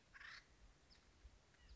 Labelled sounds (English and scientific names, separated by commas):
Acorn Woodpecker (Melanerpes formicivorus)